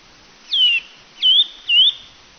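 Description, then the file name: Eurasian bullfinch uttering three soft whistled piping notes in quick succession, the first falling, the later ones gently wavering and rising. "bouvreuil Pivoine"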